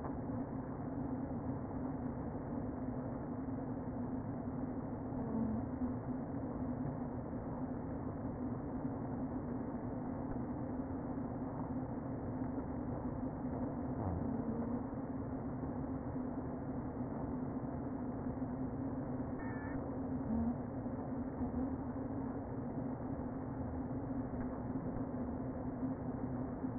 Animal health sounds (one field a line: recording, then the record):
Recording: honeybee colony, microphone inside the hive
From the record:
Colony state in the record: queen present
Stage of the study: before two queens were removed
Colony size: about 60,000 bees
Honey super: yes